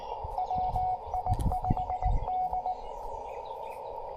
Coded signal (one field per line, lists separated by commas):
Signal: Morse code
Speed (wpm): 19 wpm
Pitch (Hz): 690 Hz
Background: none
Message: WI5D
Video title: Hamvention 2024: POTA Activation Kickoff at Strouds Run State Park in Athens, Ohio!